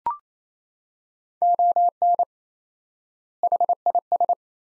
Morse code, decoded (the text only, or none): ON HIS